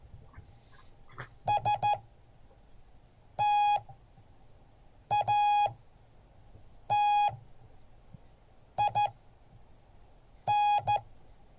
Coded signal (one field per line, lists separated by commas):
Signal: Morse code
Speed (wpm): 14 wpm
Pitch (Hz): 830 Hz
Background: none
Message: STATIN